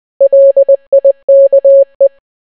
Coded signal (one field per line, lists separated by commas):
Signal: Morse code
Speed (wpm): 20 wpm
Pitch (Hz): 550 Hz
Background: none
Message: LIKE